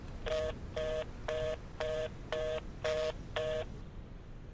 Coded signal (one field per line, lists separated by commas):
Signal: telephone call progress tone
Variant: North America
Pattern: reorder tone